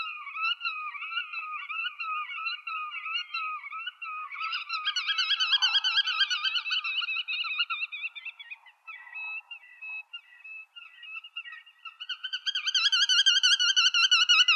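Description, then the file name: Black-tailed godwit call series, nasal repeated notes that shift pitch and swell around the middle, then return as a loud rapid run near the end. "audio birulaut ekorhitam"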